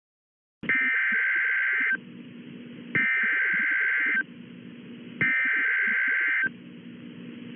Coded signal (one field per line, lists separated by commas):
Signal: Emergency Alert System (SAME) tones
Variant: header bursts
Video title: EAS Severe thunderstorm warning Austin, TX green screen.￼￼